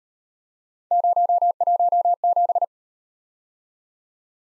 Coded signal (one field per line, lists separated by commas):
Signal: Morse code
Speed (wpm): 38 wpm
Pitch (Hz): 700 Hz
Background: none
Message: 017